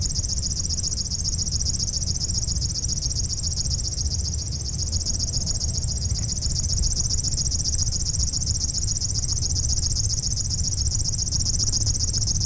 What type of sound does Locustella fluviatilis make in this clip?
call